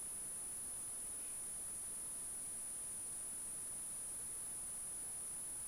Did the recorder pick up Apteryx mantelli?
no